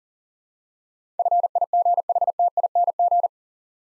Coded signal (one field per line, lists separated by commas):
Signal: Morse code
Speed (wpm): 44 wpm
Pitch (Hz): 700 Hz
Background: none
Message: FIGHTING